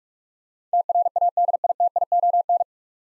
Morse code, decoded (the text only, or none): TRADITION